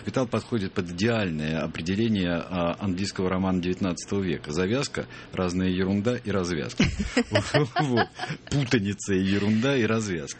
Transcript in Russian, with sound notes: «Капитал подходит под идеальное определение английского романа 19-го века: завязка, разная ерунда и развязка». (все смеются) Вот. Путаница, ерунда и развязка.